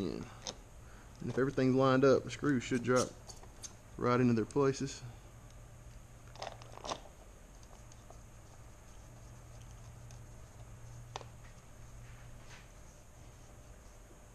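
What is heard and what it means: Someone talks while handling a plastic turn signal lens, with a groove meant to seat it, against the blinker housing of a 1987–2007 Kawasaki KLR 650 motorcycle during a stalk-delete turn signal repair. A few faint ticks and taps of handling are heard under a low steady hum. The lens has not snapped into the housing yet, and nothing has seated or clicked.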